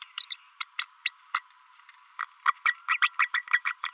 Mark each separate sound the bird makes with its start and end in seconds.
0.01-0.07, 0.17-0.26, 0.30-0.38, 0.60-0.66, 0.78-0.88, 1.05-1.12, 1.33-1.42, 2.45-2.53, 2.65-2.75, 2.88-3.00, 3.02-3.10, 3.19-3.28, 3.33-3.42, 3.53-3.62, 3.65-3.74